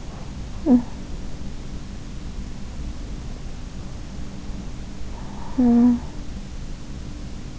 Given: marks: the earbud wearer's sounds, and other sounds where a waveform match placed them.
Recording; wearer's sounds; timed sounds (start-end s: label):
sounds in sleep by an in-ear microphone; teeth grinding, snoring breath, breath
0.54-0.87 s: teeth grinding
0.54-0.96 s: snoring breath
1.76-4.01 s: breath
5.19-7.59 s: sound from someone else or the room
5.22-7.59 s: breath
5.27-6.23 s: snoring breath